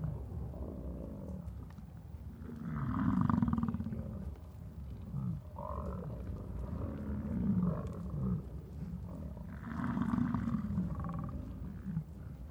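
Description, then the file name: American bison bellowing in rut, two loud deep roars roughly seven seconds apart, with shorter rumbling bellows in between. In Yellowstone during the rut. "YELL-Bison Rut-Jennifer Jerrett"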